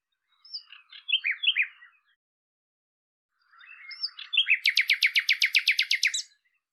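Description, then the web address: Common nightingale song, a short twittering phrase, a pause, then soft notes building into a loud fast series of evenly repeated rattling notes. "cianscape birddata Deverinetal 2025"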